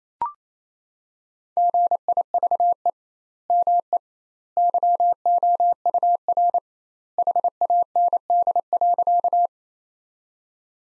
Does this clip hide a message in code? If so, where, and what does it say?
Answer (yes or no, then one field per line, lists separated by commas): yes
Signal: Morse code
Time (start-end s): 1.6-9.5 s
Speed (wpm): 27 wpm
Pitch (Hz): 700 Hz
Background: none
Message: GIVE ME YOUR HAND.